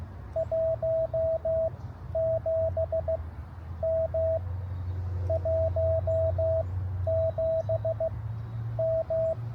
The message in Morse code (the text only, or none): 17 M 17 M